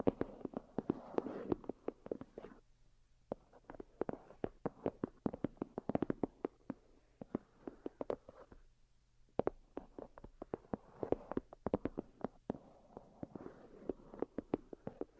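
Delicate tapping runs in quick, irregular clusters of crisp clicks, with a few brief pauses near 3 and 9 seconds. The taps are light and bright, and a soft, low hum holds steady underneath.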